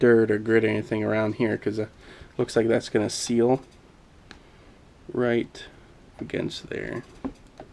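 A replacement plastic pressure switch is handled and pressed against its seal on the head of a Flojet water booster pump, with a few faint ticks and taps between stretches of someone talking. Nothing has seated or clicked yet; the switch is not yet home when the clip ends.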